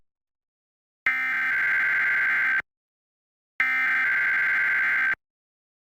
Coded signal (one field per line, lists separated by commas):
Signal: Emergency Alert System (SAME) tones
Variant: header bursts